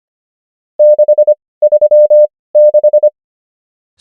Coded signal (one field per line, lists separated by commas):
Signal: Morse code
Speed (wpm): 25 wpm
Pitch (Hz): 600 Hz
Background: none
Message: 636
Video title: morse code practice | 25wpm | 18fw | numbers | ENGLISH